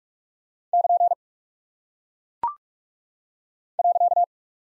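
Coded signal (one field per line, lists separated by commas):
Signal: Morse code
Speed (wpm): 44 wpm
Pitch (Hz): 700 Hz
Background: none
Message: <KN> .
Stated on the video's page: Head-copy practice of single punctuation and prosign characters at 45 wpm.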